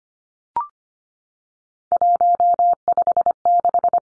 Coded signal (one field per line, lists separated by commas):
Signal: Morse code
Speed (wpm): 25 wpm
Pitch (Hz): 700 Hz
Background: none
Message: 156